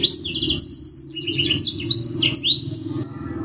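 Bird song in fast bursts: quick repeated chirps, then rising sweeping whistles and short trills, with a low rumbling hum underneath.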